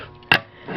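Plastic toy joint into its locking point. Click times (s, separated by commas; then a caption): 0.3 s. A plastic joint on a Transformers RID Steeljaw toy, the one part of the toy that actually locks, is pushed together into its locking point. A sharp, loud plastic click sounds at 0.3 seconds, and the part locks in place.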